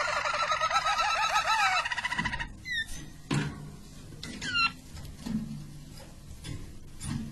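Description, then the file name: Harz Roller canary song opening with a rapid rolling trill of looped notes, then breaking into scattered short chirps among low thumping noises. Belgian Harz Roller canary. "canto do canario belga harz roller"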